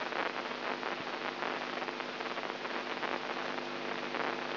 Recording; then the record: brain microelectrode recording played as sound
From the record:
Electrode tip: inside the subthalamic nucleus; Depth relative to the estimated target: -1 mm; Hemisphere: right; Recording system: AlphaMap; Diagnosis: Parkinson's disease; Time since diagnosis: 13 years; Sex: female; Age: 63 years